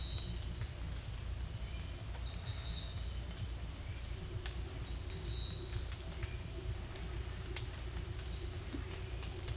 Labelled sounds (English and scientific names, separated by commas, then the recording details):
none
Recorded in dense forest near Puerto Asís, Putumayo, Colombia, on 18 December 2024 at 17:00
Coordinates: 0.486, -76.317
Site G003